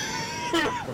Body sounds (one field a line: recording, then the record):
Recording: coughing mixed with background sound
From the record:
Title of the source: Dry Coughing Fit in the Afternoon.